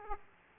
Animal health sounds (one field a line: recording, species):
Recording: mosquito wingbeat signal from an infrared sensor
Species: Aedes aegypti